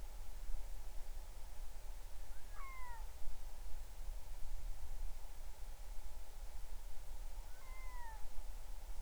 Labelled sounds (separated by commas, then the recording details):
bird
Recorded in the Arctic National Wildlife Refuge, Alaska, on 20 July 2019 at 03:03
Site 38